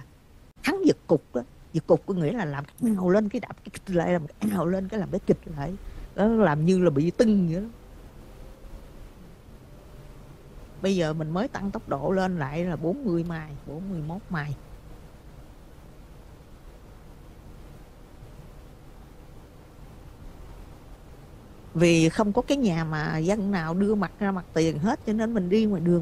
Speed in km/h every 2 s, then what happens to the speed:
24, 19, 26, 35, 42, 47, 52, 55, 56, 60, 60, 61, 61.
3-14 speeds up to 55. 14-26 steady at about 60.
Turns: none.